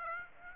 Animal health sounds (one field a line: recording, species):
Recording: mosquito wingbeat signal from an infrared sensor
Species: Aedes aegypti